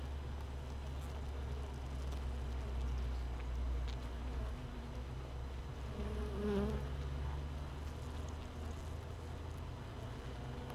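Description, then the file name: Honey bees humming inside a hive, a steady low drone with a brief louder swell later on and faint clicks. Hive without a queen, hive 1, recorded 31 May 2018 at 15:30. "Hive 1 31 05 2018 NO Queen Bee H 1 audio 15 30 00"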